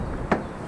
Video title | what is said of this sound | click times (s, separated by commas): Ford F 150 Morimoto XB LED Blacked Out Taillight Installation with Before & After Pics | You'll feel it snap in. You might hear it click. You might not. | 0.3 s